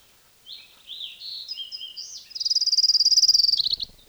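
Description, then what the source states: Orange-crowned Warbler song: several slurred high notes, then a fast buzzy trill of rapid repeated notes lasting about a second. Individual orange-crowned warbler number 4 in a field recording; its songs counted aloud.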